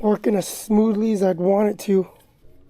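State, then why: Not seated. Someone talks while handling the folding latch tab on the folding joint of a OneBot S7F small, foldable, dual-suspension e-bike, which is being forced down and isn't working as smoothly as it should. Nothing has seated or clicked yet.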